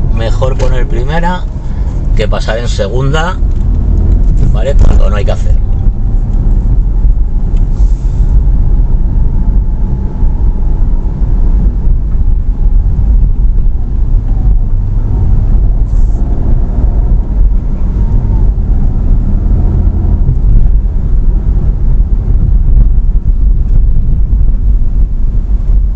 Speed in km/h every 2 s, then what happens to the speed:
15, 20, 26, 28, 29, 28, 25, 27, 33, 33, 35, 26, 20.
0-5 speeds up to 28. 5-13 steady at about 28. 13-19 speeds up to 35. 19-26 slows to 20.